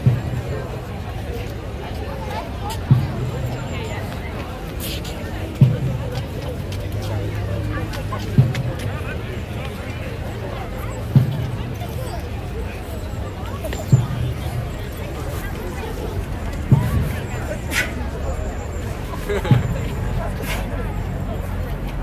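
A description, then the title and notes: A single bass drum booms slowly and evenly at an outdoor demonstration, one deep thump roughly every three seconds. Underneath, a steady crowd murmur of voices and speech carries on throughout, with the open hum of a city street. On Saturday 12 November 2022 in Edinburgh, a coalition of climate groups marched through the city to demand Climate Justice. This recording was from St Andrew Square and is of a demonstration by Red Rebels, a single bass drum is played throughout.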